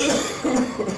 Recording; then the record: coughing mixed with background sound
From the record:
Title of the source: Spring Cold Coughing 3